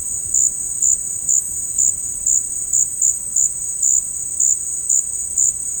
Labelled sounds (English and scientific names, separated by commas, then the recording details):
none
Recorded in secondary vegetation near Puerto Asís, Putumayo, Colombia, on 8 March 2025 at 14:00
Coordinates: 0.502, -76.326
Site G100